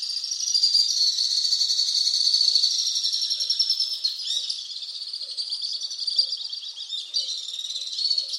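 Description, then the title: Alpine swift trilling song: a dense, rapid high chatter, loudest in the first three seconds, then slightly softer, wavering trills continuing to the end. "Le chant du martinet à ventre blanc"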